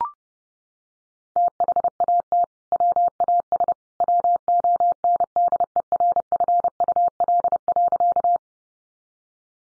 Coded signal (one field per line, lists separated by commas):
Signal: Morse code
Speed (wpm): 30 wpm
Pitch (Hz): 700 Hz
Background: none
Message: THAT WAS WONDERFUL.